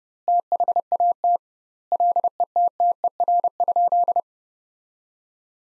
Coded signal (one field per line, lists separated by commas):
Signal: Morse code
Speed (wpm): 30 wpm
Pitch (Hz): 700 Hz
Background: none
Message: THAT LETTER?